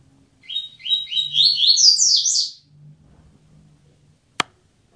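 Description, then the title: Double-collared seedeater singing a quick run of repeated downslurred whistles that climbs into a loud, tumbling high warble, over a low steady hum, followed by one sharp click. "Canto Coleiro"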